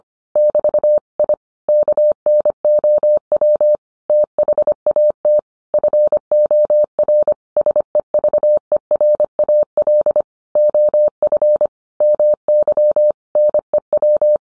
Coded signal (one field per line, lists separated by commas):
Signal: Morse code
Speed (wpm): 25 wpm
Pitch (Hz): 600 Hz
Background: none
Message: <BT> I KNOW THAT FOR SEVERAL OF MY NEW